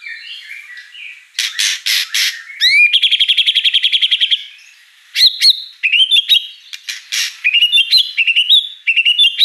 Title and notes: Pancingan Gacor Murai Batu Bongkar Isian Mewah. Audio Murai Batu Dongfeng